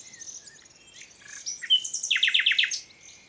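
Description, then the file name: Common nightingale song: a whistled note, then a quick run of about six loud repeated notes, with softer high twittering before and after. "Luscinia megarhynchos"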